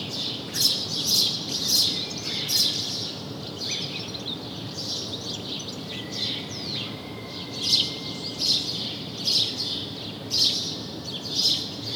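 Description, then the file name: House sparrow chirping, short bright notes repeated about once a second in loose bursts, with a faint thin whistle in the background and low steady hiss. "Passer domesticus"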